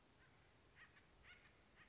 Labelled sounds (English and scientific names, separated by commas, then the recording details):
Acorn Woodpecker (Melanerpes formicivorus)
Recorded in Sonoma County, California